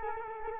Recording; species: mosquito wingbeat signal from an infrared sensor; Culex quinquefasciatus